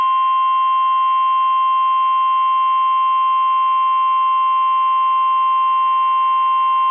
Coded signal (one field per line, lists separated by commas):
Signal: Emergency Alert System (SAME) tones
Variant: 1050 Hz attention tone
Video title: NOAA Weather Radio KEC65 (Twin Cities) - Required Weekly Test (EAS #57)